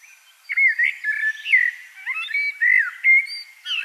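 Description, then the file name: Common blackbird song: mellow fluted whistles around mid pitch, several short warbled phrases with rising and falling notes, delivered in quick succession. "Turdus merula"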